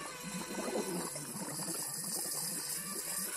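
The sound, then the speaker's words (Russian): Water pipes gurgle and rumble in a steady, bubbling churn as both shower taps are turned after the water suddenly runs out, with irregular knocks and sputters running through the whole stretch at a fairly even, moderate loudness and no water coming. No one speaks. “Водопроводные трубы издают звуки, но воды по-прежнему нет.”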